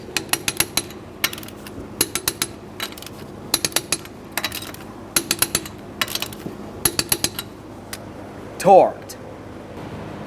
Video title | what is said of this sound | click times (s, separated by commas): How to Replace Fuel Tank Filler Neck 1992-1996 Toyota Camry | With the wheel on the ground, we'll torque these in a crisscross manner. Torqued. | 0.3 s, 0.6 s, 2.0 s, 3.5 s, 5.2 s, 6.9 s